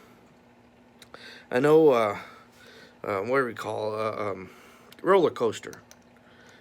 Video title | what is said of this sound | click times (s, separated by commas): Crossbow Reviews | it locks onto a string real good then you take your finger and flip that up to lock you you can hear it click | 1.0 s, 1.1 s